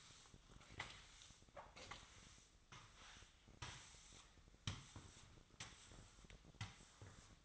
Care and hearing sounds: daily activity, microphone in the room; sweep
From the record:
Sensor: 3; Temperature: 24.4 degrees Celsius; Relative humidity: 34.2%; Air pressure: 1004.7 hPa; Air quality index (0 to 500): 87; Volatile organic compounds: 3 ppm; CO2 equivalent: 1326 ppm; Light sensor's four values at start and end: 6/15/6/6 and 7/15/6/6

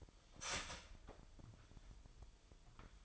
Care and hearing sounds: daily activity, microphone in the room; start toaster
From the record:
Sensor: 5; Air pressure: 1002.1 hPa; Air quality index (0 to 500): 208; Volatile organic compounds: 20 ppm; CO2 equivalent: 2697 ppm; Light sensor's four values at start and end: 33/108/41/43 and 33/108/41/43

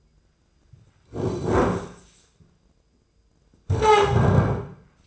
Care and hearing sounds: daily activity, microphone in the room; sit down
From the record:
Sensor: 2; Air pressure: 995.8 hPa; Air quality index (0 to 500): 244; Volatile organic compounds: 1000 ppm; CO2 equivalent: 6026 ppm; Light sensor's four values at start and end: 25/59/26/29 and 29/69/30/34

